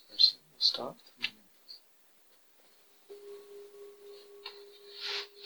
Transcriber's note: bell rings